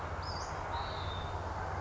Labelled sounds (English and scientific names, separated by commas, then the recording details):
Western Flycatcher (Empidonax difficilis)
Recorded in Sonoma County, California